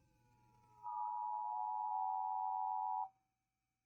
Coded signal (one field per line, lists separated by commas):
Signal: Emergency Alert System (SAME) tones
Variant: 853 and 960 Hz attention tone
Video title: The world plunges into a deep silent night | An EAS Scenario reaction